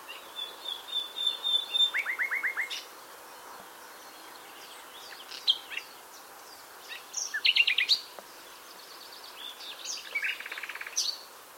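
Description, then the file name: Common nightingale song: several varied phrases of piping whistles, quick downslurred note series and rapid rattling trills, separated by short pauses. "Luscinia megarhynchos"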